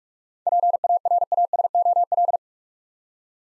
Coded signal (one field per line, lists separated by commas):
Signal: Morse code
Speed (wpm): 46 wpm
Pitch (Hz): 700 Hz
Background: none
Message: PARASOL